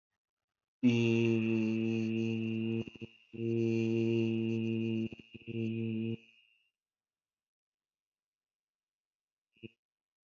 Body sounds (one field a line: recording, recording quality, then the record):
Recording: sustained vowel as in beet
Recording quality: excellent, no background noise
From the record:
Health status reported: healthy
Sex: male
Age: 31 years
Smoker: yes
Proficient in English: yes